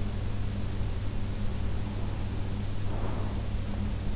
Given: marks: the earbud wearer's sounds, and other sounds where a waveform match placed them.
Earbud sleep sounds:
sounds in sleep by an in-ear microphone; breath
2.81-3.78 s: breath

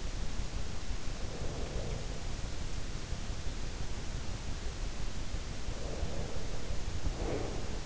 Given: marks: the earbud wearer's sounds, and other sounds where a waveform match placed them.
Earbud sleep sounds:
sounds in sleep by an in-ear microphone; breath
1.06-2.49 s: breath
5.48-7.86 s: breath

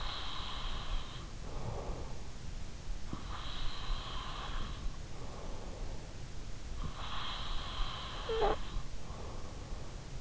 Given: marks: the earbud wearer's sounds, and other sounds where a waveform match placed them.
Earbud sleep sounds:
sounds in sleep by an in-ear microphone; breath
0.22-2.50 s: breath
3.42-9.94 s: breath

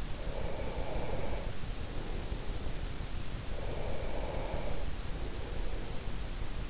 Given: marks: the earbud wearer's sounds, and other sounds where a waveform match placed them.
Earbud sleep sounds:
sounds in sleep by an in-ear microphone; breath
0.00-2.58 s: breath
3.35-6.07 s: breath

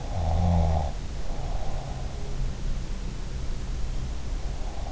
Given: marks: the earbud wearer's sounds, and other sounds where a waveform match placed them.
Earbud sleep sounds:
sounds in sleep by an in-ear microphone; snoring breath
0.08-1.85 s: snoring breath

